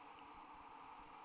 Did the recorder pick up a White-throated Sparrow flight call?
no